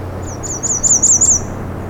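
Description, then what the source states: American Redstart singing a quick run of high, thin, slurred notes in several repeated elements, with a low steady background hum. Heard very close along a narrow trail on a road allowance edged by small cedars and shrubs, on a warm June morning.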